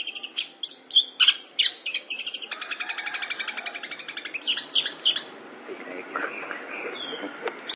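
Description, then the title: Long-tailed shrike song: scratchy chirped notes run into a rapid, even trill for a few seconds, then fade into softer scattered notes and background noise. "Cendet Pentet"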